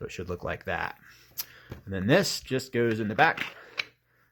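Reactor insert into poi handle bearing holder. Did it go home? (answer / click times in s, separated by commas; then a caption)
yes / 3.8 s. A plastic reactor insert with a capped rope is pushed into the back of a poi handle's bearing holder while someone talks. A single sharp tick at 3.8 seconds marks the insert snapping into place, seated.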